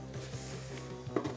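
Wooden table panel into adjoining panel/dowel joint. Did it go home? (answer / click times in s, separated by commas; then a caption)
no / none. Panel B25 of a wooden flat-pack coffee table is pushed against its mating panel at a dowel joint to check whether it slots in. Over a steady tonal background, wooden contact knocks land at about 1.2 s and 1.4 s. Nothing has seated or clicked yet, and the panel fails to fit because its pre-drilled holes are misaligned.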